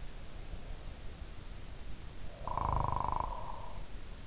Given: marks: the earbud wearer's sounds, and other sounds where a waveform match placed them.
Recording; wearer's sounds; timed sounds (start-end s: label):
sounds in sleep by an in-ear microphone; snoring breath
2.30-3.82 s: snoring breath